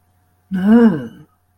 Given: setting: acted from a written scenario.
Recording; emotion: vocal sound without words; guilt